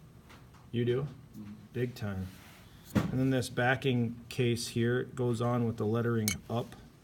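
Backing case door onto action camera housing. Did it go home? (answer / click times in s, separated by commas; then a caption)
no / none. Someone talks while handling the plastic backing case (rear door) of a GoPro action camera, lining it up to go on with the lettering facing up. The clip ends before the door is pressed home; nothing has seated or clicked yet.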